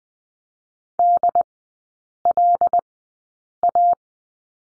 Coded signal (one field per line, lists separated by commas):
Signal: Morse code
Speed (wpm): 20 wpm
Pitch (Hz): 700 Hz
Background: none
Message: DLA